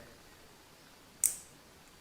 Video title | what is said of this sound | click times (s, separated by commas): Fiat Grande Punto heater not working -- Permanent Fix | take the connectors out do what you want to deal with them and then you get your connector you'll hear it clicking back in | 1.3 s